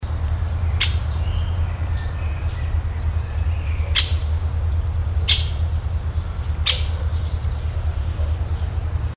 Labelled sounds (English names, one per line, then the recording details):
Great Spotted Woodpecker call
Common Blackbird
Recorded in the wild
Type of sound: call
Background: Turdus merula
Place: Schloßpark Babelsberg, Brandenburg, DE
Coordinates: 52.4053, 13.0928
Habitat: oak tree
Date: 1996-06-07 15:54
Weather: sunny, 30-32°C
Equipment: Sony MD-WM MZ-R3, Sennheiser MKH 416 T, Kopie Uher 4000 Report Monitor
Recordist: Tembrock, Günter
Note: Kurzlaute beim "Landen" ("kick"), an Eiche im Schlosspark, nahe dem Schloss